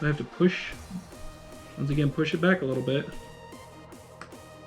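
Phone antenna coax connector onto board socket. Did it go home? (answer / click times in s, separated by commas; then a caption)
yes / 4.2 s. On a OnePlus 8 being repaired, the second antenna coax connector, routed under a metal bracket, had clicked onto its board socket but was not lined up, so it is pushed back on again. Someone talks over background music, then a short, sharp snap at 4.2 s marks the coax connector seating fully home.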